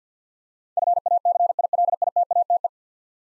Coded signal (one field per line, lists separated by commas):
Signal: Morse code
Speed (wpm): 50 wpm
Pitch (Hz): 700 Hz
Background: none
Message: FACILITATE